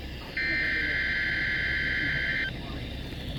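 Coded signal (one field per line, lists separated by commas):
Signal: Emergency Alert System (SAME) tones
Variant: header bursts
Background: speech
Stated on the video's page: Required weekly test and Michigan statewide tornado drill on a NOAA weather radio transmitter.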